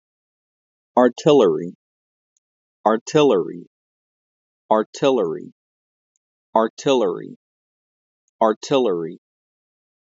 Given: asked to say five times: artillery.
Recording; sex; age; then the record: repeated word; male; 20 to 29 years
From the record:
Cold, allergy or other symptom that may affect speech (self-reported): no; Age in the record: 26 years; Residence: Florida, United States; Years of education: 18